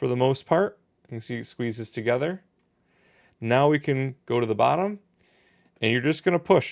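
Someone talks while handling a Nintendo Switch Lite during a fan replacement, lining up the bottom edge of the plastic back shell against the console frame, ready to push it down. The clip ends before the shell's bottom snaps into place, so nothing has seated or clicked yet.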